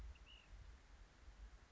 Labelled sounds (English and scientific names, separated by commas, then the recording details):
Ash-throated Flycatcher (Myiarchus cinerascens)
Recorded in Sonoma County, California